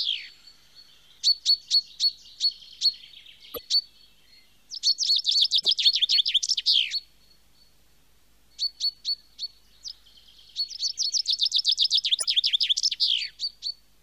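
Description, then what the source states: Bird song that alternates spaced high chips with dense bursts of fast chirping trills, the pattern heard twice, with a brief click. Nature sounds of birds.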